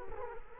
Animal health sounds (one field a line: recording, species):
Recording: mosquito wingbeat signal from an infrared sensor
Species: Culex quinquefasciatus